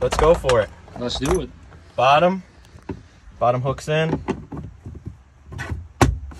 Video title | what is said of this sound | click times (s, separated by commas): This Mod will blow your mind! Toyota 4Runner 5th Gen • Cargo Storage Cover (OEM ++) | snaps right into place. | 6.0 s